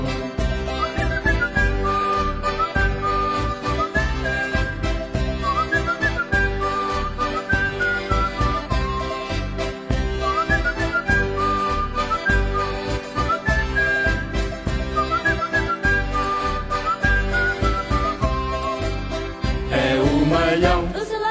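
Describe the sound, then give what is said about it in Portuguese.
A bright whistled melody rises and falls in short repeating phrases over a loud, busy band backing with steady percussion, continuing throughout with no talking. “E cantam elas: é um milhão vadio acompanhado ao assobio.”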